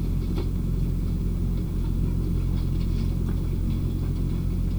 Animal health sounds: poultry house recording; no chicken sound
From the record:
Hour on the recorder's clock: 19

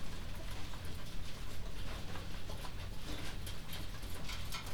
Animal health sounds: poultry house recording; healthy chickens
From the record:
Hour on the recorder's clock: 21

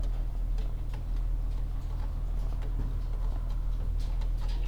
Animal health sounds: poultry house recording; sick chickens (respiratory disease)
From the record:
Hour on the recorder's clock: 14

